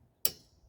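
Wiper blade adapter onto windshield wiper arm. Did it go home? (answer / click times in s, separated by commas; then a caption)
yes / 0.2 s. After the bottom of its plastic adapter is squeezed, a windshield wiper blade is pushed onto the metal wiper arm of a 2008 Mercedes R350. A single sharp, bright click at 0.3 s rings briefly in the high frequencies and fades within about a quarter second, against near silence. The adapter latches and the blade is seated on the arm.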